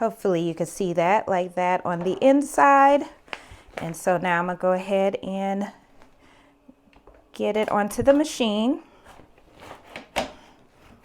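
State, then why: Seated. Someone talks while a hooped tote bag is slid onto the hoop arms of an embroidery machine, with a few quiet handling noises. The embroidery hoop clicks into place at 10.0 s and 10.2 s and is confirmed locked onto the machine.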